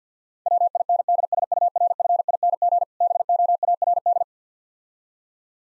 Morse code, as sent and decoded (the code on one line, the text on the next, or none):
.-- .. -. -.. ... ..- .-. ..-. .. -. --. / -... --- .- .-. -..
WINDSURFING BOARD